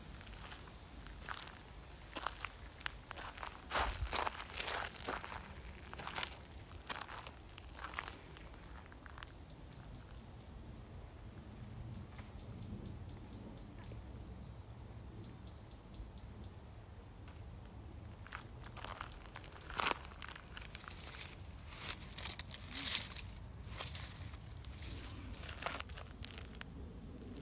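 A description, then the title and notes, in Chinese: Outdoors in a Belgian nature reserve, footsteps crunch over dry ground in two bursts, early on and again from about twenty seconds. Between them it grows quieter, with a steady low rumble of traffic underneath and faint rustling. Neigembos自然保护区，尼诺维，比利时。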